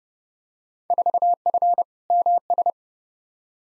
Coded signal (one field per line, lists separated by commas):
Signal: Morse code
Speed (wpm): 31 wpm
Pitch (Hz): 700 Hz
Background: none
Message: 4F MS